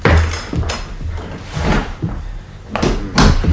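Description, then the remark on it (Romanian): A passage door is opened and shut, with a few dull wooden thumps and knocks spread over a few seconds. The knocks are fairly loud and no one speaks. “Aveam dreptate că există o ușă de trecere și că doamna e iubita lui domn Luiz.”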